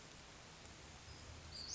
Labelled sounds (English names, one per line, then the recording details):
Western Flycatcher
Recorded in Sonoma County, California